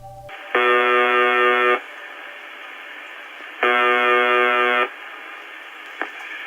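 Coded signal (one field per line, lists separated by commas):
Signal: numbers station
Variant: UVB-76 (The Buzzer)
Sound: two harsh, rasping buzzes about a second long, separated by hissing radio static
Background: radio static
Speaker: the creepy and sometimes incoherent broadcast from uvb 76 sounds like this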